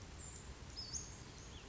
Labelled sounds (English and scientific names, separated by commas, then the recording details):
Brown Creeper (Certhia americana)
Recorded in Sonoma County, California